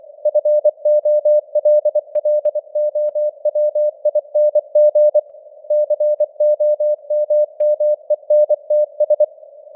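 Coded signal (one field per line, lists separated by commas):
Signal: Morse code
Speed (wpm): 24 wpm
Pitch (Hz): 600 Hz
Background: none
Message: FOLLOWING COMMENTS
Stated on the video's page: News headlines sent in Morse at 24 wpm with simulated radio noise and varying signal strength (QSB).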